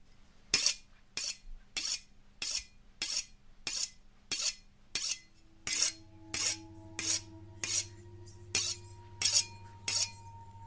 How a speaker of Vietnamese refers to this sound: Cầm con dao bầu trên tay, liếc liếc qua cái cục đá mài, mắt của ông Đông đanh lại.